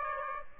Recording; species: mosquito wingbeat signal from an infrared sensor; Aedes aegypti